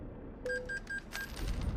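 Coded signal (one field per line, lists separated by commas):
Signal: none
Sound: a game's beeps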